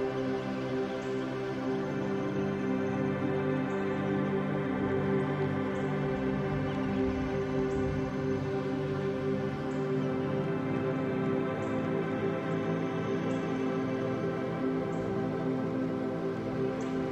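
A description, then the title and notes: Gentle, sustained music pads hold a steady, even chord throughout, while faint short high bird chirps recur about every two seconds above them. Gentle pads, music and the sounds of birds of the rain forest comprise this soundscape for sleep.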